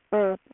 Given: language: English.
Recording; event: throat vibration sensor signal played as sound; speech